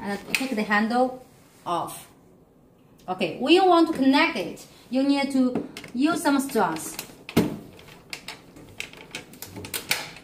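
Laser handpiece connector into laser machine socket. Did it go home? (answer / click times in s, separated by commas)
yes / 9.9 s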